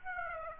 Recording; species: mosquito wingbeat signal from an infrared sensor; Aedes aegypti